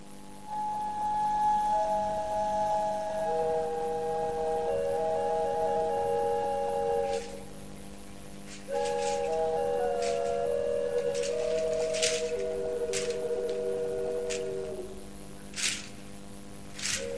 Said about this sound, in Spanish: comenzamos con una canción que se llama …, de …, esta intérprete mexicana